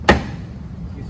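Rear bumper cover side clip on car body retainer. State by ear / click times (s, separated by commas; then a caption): released / 0.1 s. On a 2013–2015 Honda Accord Coupe, one side of the plastic rear bumper cover is pulled by hand to free it from its side retainer clip on the car body. A single sharp click at 0.1 s is the clip releasing, and the bumper side comes loose. It is followed by low background noise.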